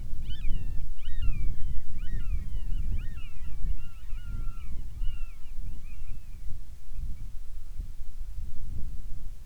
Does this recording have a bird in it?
yes